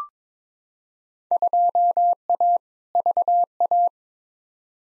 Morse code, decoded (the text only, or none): 2A VA